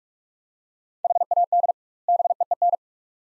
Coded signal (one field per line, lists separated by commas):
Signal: Morse code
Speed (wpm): 47 wpm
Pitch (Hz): 700 Hz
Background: none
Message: HAD BEEN